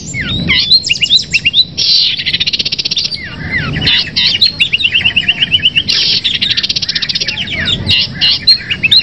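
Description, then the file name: Long-tailed shrike song: a rapid, varied run of sharp whistled and slurred notes, with bursts of dense chattering trills and many overlapping high phrases. Simulated songbird contest featuring long-tailed shrikes, known locally as cendet. "audio simulasi lomba cendet. omkicau"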